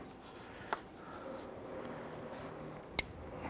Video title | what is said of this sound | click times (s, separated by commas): How to Replace Radiator 1999-2004 Jeep Grand Cherokee 4.7L V8 | you're going to hear it click press that lock red lock tab over | 3.0 s